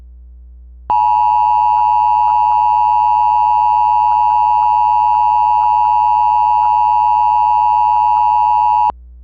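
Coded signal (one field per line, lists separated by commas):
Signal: Emergency Alert System (SAME) tones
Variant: 853 and 960 Hz attention tone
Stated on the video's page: Mock Required Weekly Test made for a challenge, with some added audio effects.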